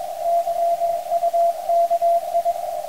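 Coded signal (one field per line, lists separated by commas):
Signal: Morse code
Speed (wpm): 23 wpm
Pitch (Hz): 680 Hz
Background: radio noise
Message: YUKI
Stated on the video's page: 10 MHz CW contact with a European station in the early morning, using a homemade 10/18/24 MHz tri-band dipole.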